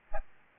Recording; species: mosquito wingbeat signal from an infrared sensor; Aedes albopictus